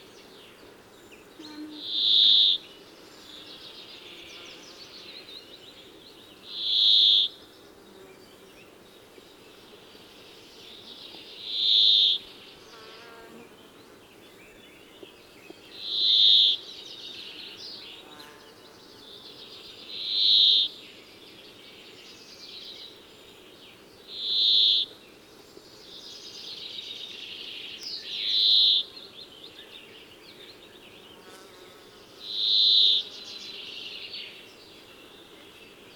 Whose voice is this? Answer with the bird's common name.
Brambling